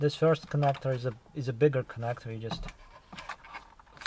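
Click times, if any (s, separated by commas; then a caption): 4.1 s. A large wiring harness connector is pushed into a switch in the dashboard trim of a BMW E90 during a dashboard trim replacement. Someone talks for most of the clip, then a few soft clicks follow. A sharp click at 4.1 s is the connector seating in place.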